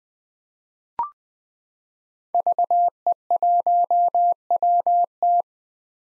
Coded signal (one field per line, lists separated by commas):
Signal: Morse code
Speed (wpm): 20 wpm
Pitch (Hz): 700 Hz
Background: none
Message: VE1WT